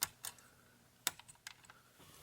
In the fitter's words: so here's the landing gear it does kind of click into place